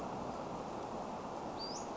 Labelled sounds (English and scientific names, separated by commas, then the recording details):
Western Flycatcher (Empidonax difficilis)
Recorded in Sonoma County, California